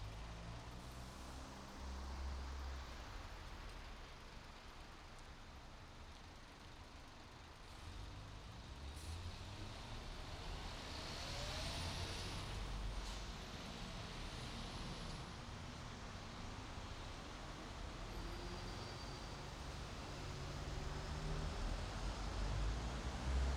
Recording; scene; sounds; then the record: everyday scene through a hearing-aid microphone; in traffic; traffic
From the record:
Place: bus stop on a city main road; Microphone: in the ear canal, right